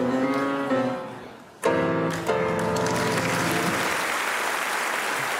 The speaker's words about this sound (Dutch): Nog even goed naar het applaus luisteren.